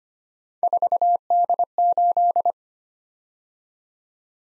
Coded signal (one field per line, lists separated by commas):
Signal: Morse code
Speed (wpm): 25 wpm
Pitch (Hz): 700 Hz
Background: none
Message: 4D8